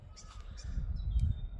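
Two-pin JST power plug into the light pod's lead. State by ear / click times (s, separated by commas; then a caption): not seated / none. A two-pin JST power plug for a YotaForge3D 200 Series cargo light pod is handled and brought toward its mating plastic connector on the pod's lead. Low handling rumble fills the clip, with faint high tones and a brief soft transient near 1.2 seconds. Nothing has seated or clicked yet.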